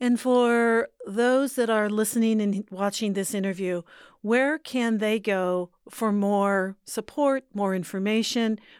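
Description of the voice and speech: An adult woman, the interviewer on KVCR's Inland Edition, asks a single question in a clear, mid-pitched voice with natural phrasing and brief pauses between phrases. The speech is fluent, with no repetitions, blocks or prolonged sounds, and a smooth, steady voice quality, as in ordinary conversation.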